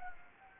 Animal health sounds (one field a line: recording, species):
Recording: mosquito wingbeat signal from an infrared sensor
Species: Anopheles gambiae